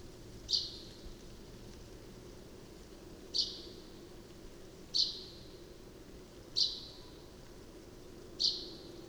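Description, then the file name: Common chaffinch calling: five crisp, high single notes at uneven gaps of about one and a half to three seconds, with a quiet low background hum. "Fringilla coelebs"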